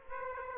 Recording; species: mosquito wingbeat signal from an infrared sensor; Aedes aegypti